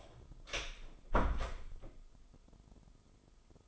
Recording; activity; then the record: daily activity, microphone in the room; close door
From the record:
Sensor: 5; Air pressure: 996.2 hPa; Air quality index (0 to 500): 32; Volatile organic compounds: 1 ppm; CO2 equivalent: 562 ppm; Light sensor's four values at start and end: 43/102/42/44 and 43/102/42/44